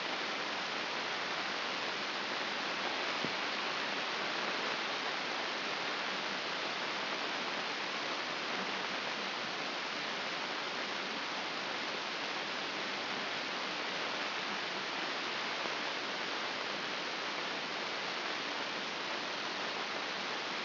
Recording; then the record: brain microelectrode recording played as sound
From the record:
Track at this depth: outside the subthalamic nucleus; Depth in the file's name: 6.215 mm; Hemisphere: left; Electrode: 2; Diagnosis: Parkinson's disease